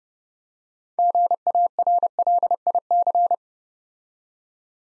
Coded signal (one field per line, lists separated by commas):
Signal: Morse code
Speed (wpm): 30 wpm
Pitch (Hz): 700 Hz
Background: none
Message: GARLIC